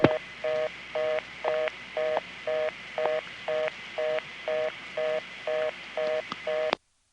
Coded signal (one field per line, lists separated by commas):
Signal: telephone call progress tone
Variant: North America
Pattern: reorder tone